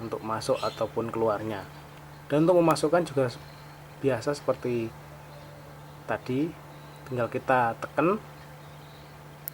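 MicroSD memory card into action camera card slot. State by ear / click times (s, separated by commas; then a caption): seated / 9.5 s. A microSD memory card is pushed into the card slot of a BPRO5 action camera while someone talks. A sharp click at 9.5 s marks the card latching and seating in the slot.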